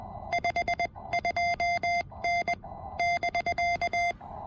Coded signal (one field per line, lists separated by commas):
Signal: Morse code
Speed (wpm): 20 wpm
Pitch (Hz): 2100 Hz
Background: none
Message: 52N <BK>